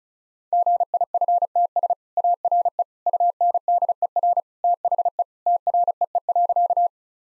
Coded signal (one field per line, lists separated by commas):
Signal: Morse code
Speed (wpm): 34 wpm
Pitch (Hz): 700 Hz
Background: none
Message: GIFTS ARE UNDER THE TREE.